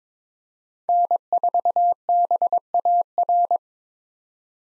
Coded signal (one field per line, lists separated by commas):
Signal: Morse code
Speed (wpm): 22 wpm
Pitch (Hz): 700 Hz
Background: none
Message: N4BAR